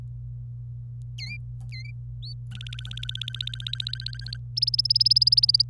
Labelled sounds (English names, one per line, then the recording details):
Domestic Canary song
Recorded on 26 April 2018 at 06:38
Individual llb3